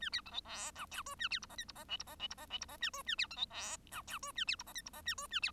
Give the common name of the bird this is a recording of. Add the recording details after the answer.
Bengalese Finch. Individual Bird1